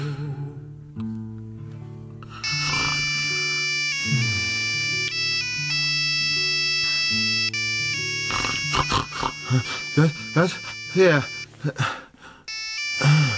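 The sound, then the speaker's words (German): A mobile phone ringtone plays a bright, repeating electronic melody over a low sustained tone, while a person speaks briefly in startled, questioning bursts toward the end. “Ach, das Handy.”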